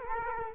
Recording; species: mosquito wingbeat signal from an infrared sensor; Culex quinquefasciatus